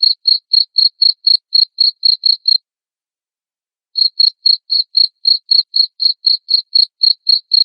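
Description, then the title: Cricket chirps in a steady run of about four per second, stopping for over a second, then resuming at the same even pace. Loud chirping cricket sound used to stimulate lovebirds into singing continuously. "Suara JANGKRIK NGERIK Keras Bikin LOVEBIRD Jadi NGEKEK Terus"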